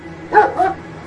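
Dog barking: two short, sharp barks about a quarter second apart over a faint background hum.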